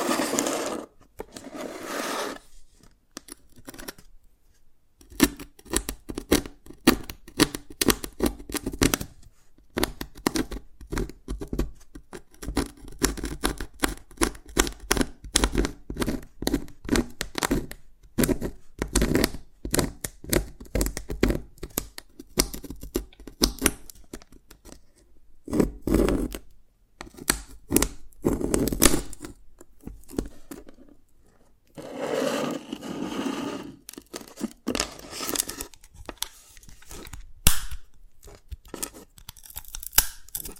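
Dalgona candy being tapped and cracked, with dense, rapid clicks and crisp snaps packed together through most of the 41 seconds. Brief pauses break the rhythm near 5, 9, 26 and 31 seconds, and a few louder scraping, tearing-like bursts stand out.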